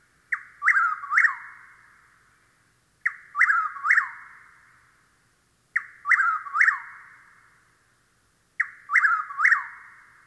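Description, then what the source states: Chuck-will's-widow repeating a clear whistled three-syllable song about every three seconds, with a brief lead note followed by two emphatic slurred whistles. Nighttime song; sandy pine woods of the southeast; song easily confused with the whip-poor-will's.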